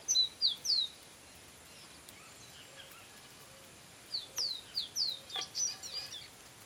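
Copper seedeater: high, clear notes, a short trio at the start, then a longer run of similar notes after a pause.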